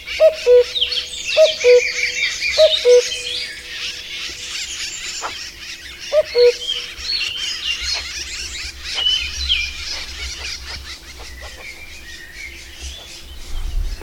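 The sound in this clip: Bird song of clear two-note whistles, a higher note dropping to a lower one, three repeated about every 1.2 seconds, then one more after a pause, with faint high chirps of other birds behind.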